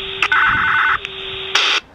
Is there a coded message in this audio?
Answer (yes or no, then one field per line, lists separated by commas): no